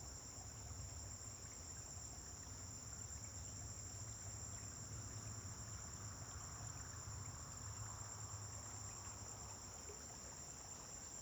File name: Amanhecer na fazenda com grilos veiculos passando em estrada longe